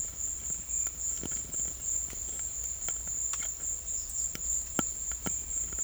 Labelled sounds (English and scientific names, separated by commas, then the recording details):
none
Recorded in secondary vegetation near Puerto Asís, Putumayo, Colombia, on 21 December 2024 at 13:30
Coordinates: 0.488, -76.319
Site GP04